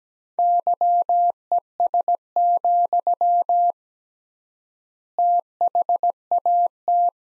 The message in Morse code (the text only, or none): YES, THAT